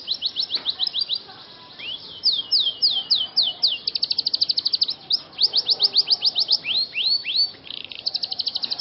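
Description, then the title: Scotch Fancy canary song: quick repeated chirps alternating with slower swooping notes and tight rolling trills. Scotch Fancy canary song with cengkok (ornamented song variations), singing vigorously (gacor). "Cengkok Kenari Mewah. KENARI SCOTCH FANCY GACOR CENGKOK MEWAH"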